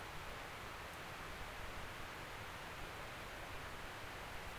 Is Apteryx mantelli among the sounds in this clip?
no